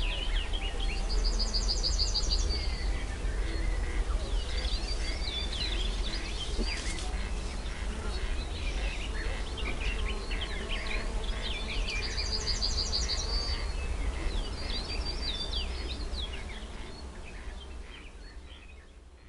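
Serene woodland noises: a steady insect buzz and low hum, with bright bird trills around two and twelve seconds, fading slightly near the end.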